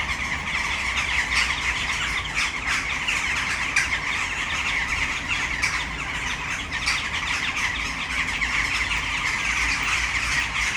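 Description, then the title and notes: Western jackdaws calling continuously in a busy flock, sharp chattering notes overlapping throughout, with vehicle noise in the background. Flock in a tree at Malinovského square, Brno city centre, Czech Republic, at sunset. "Malinovského nám. 571/1, 602 00 Brno-střed-Brno-město, Česko - Western jackdaws at sunset. A tree full of jackdaws in the city center of Brno"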